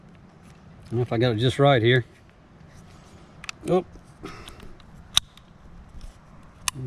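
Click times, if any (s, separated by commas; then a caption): 6.7 s. During reassembly of a Desert Eagle .50 AE semi-automatic pistol, the barrel or slide assembly is pushed into the frame while someone talks and small metallic clicks and taps sound, including a loud tap at about 5.2 s. A sharp metallic snap at 6.7 s marks the part seating in place.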